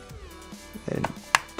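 A memory module is pressed into a motherboard DIMM slot, and its second retention clip snaps shut with a sharp click at 1.4 s. Softer handling knocks come just before it. The stick is seated and confirmed, with all four memory sticks securely fastened.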